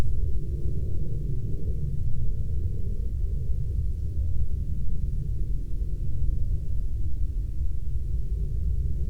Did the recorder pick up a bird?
no